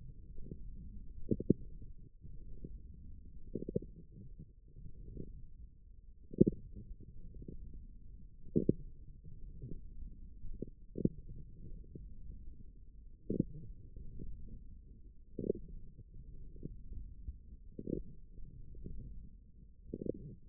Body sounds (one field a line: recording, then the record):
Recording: forearm muscle sounds (acoustic myography)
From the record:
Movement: wrist flexion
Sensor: system 1, eight BSWA MPA416 microphones around the upper forearm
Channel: 4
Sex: male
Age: 18 years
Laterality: right